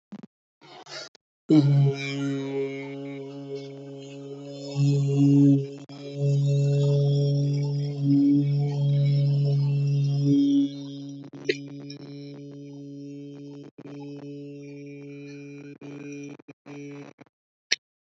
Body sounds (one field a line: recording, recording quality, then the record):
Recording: sustained vowel as in beet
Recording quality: excellent, no background noise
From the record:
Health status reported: healthy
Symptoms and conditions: none ticked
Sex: male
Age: 22 years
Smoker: not ticked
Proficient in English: yes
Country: India